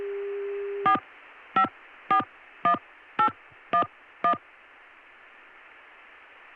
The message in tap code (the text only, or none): none